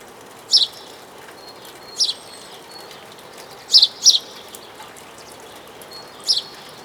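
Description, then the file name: House sparrow calling with clipped, high chirps, five in all, two coming close together near the middle, over soft background hiss. "Passer domesticus"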